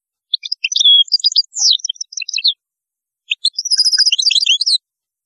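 Goldfinch song in two lively phrases of twittering, chirping notes and short trills, separated by a brief pause, with no background sounds.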